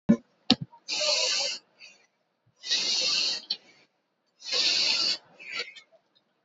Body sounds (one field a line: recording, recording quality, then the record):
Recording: shallow breathing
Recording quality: excellent, no background noise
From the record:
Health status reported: exposed to COVID-19, no respiratory illness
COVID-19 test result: negative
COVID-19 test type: RT-PCR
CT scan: not taken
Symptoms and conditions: none ticked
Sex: female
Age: 24 years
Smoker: no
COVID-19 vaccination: both doses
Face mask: worn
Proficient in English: yes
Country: India